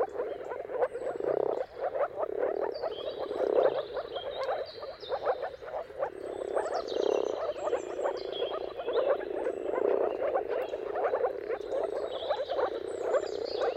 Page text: Jakub-Orzecki moor frogs. Dawn’s Chorus: Mating Calls of Marsh Frogs at Sunrise. Depending on the weather at the turn of March and April, you can witness an amazing spectacle of moor frogs